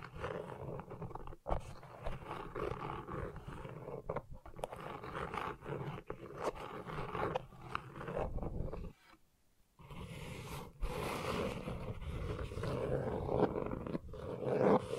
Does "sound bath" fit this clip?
no